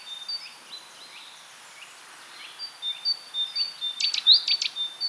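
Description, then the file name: Great tit calls: thin, high chirps with short down-slurred notes, ending in a quick burst of harsh, buzzy notes near the close, over a soft background hiss. "Parus major"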